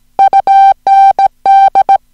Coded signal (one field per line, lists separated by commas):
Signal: Morse code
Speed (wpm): 17 wpm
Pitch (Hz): 780 Hz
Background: music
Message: UND